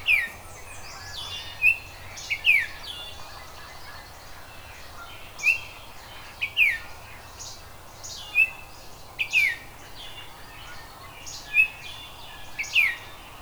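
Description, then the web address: Oriole-type singing: short whistled notes and downslurs at uneven intervals, alongside busy high chirping throughout. "zoology oriole"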